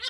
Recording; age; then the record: pig call; piglet (1 to 25 days)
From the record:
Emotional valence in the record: negative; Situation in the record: short isolation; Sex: male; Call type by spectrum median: high-frequency call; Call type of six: low-frequency tonal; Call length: 0.10 s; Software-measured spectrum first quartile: 2518 Hz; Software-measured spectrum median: 3514 Hz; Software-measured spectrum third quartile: 4173 Hz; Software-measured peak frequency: 3661 Hz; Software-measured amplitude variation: 79 dB a second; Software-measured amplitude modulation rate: 14.8 a second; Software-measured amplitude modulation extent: 5.3 dB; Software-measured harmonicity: 5.7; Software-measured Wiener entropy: -1.76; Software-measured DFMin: 498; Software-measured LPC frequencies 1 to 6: 1451, 2013, 3146, 3676, 4339, 5210 Hz